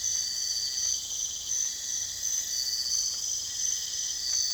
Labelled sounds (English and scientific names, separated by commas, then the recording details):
none
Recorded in dense forest near Puerto Asís, Putumayo, Colombia, on 19 February 2024 at 05:00
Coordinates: 0.485, -76.322
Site G6406